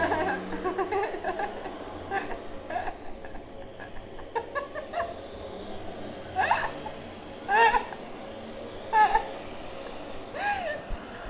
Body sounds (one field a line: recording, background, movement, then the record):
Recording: laughter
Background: traffic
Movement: sitting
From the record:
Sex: female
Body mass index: 18.3 kg/m2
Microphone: on the chest, facing outward